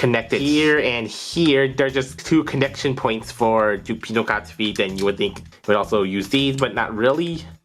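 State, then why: Not seated. A plastic foot part with flip-out tabs is handled near the square connection holes of a combining toy robot while someone talks throughout. The part has not yet seated or clicked into place by the end of the clip.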